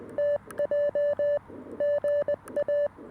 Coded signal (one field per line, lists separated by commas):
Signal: Morse code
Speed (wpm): 20 wpm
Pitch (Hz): 580 Hz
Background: none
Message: TJ GA